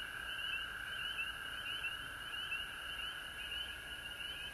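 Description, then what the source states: Frogs calling together: repeated rising peeps above a steady trilling chorus. Frogs at home in Georgia on March 19, 2020.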